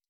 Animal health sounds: hydrophone in a shrimp aquaculture tank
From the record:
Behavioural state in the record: stressed

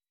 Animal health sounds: hydrophone in a shrimp aquaculture tank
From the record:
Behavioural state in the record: weakened

